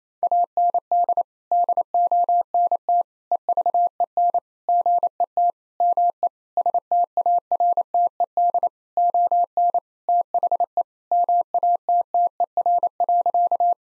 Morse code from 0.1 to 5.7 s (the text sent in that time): AND DONT EVEN GET